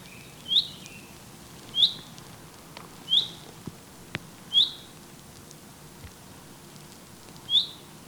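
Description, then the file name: Common chaffinch giving a short, high, bright note five times, one to three seconds apart, with brief soft clicks and low background hum between calls. "Fringilla coelebs"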